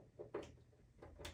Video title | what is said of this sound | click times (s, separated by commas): SETUP Test Print Adding a Creality K2 PLUS with CFS to my Bambu Lab P1P P1S & X1C A1 AMS Print Farm | Clicks right in. | 1.3 s